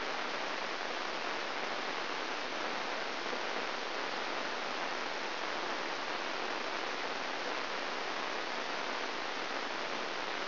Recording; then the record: brain microelectrode recording played as sound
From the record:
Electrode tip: inside the subthalamic nucleus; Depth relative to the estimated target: 3.5 mm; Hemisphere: right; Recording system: AlphaMap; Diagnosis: Parkinson's disease